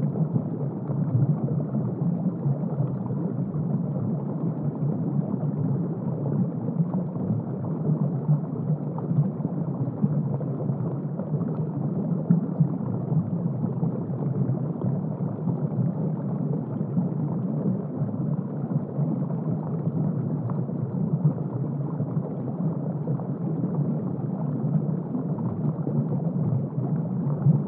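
Muffled water sound forms a thick, low rumble with no bright edge. It stays steady and dense for the whole stretch, with only a faint churning flutter within and no distinct events.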